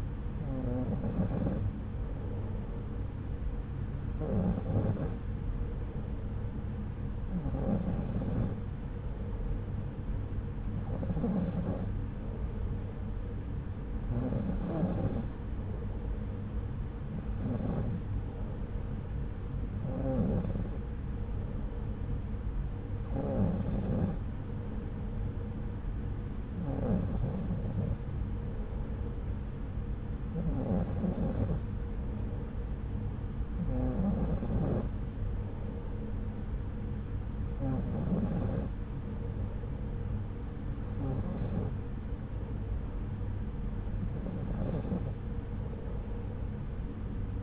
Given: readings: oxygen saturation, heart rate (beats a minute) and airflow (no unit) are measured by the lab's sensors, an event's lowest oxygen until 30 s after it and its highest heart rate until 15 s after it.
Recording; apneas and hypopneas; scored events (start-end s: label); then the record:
breathing in sleep by a smartphone at the bedside; none
none scored
From the record:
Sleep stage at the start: N2 (light sleep); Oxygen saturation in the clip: 93%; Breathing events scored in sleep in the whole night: 303 in 8.1 hours asleep